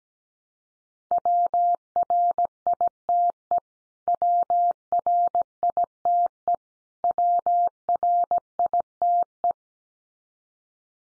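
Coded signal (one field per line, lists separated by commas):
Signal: Morse code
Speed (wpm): 17 wpm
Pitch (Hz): 700 Hz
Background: none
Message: WRITE WRITE WRITE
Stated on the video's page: Morse practice drill of the 100 most common English words at 17 wpm, each sent three times, spoken, then sent again.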